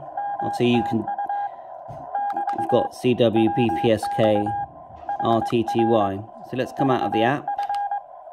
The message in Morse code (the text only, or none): MTU <BT> WX HR VF